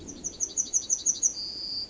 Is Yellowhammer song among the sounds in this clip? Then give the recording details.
yes. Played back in forest. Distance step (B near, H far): D. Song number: 123